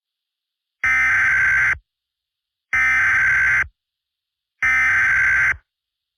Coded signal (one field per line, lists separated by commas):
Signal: Emergency Alert System (SAME) tones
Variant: header bursts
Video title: EAS Scenario 1: Monika's Rampage (Part 3)